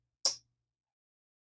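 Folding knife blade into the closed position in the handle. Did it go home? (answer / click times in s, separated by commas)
yes / 0.2 s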